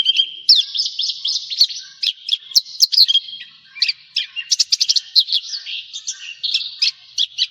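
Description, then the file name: Javan bush lark delivering a dense, varied song of high chirps, trills and rapid note bursts with little pause. "suara burung branjangan jawa"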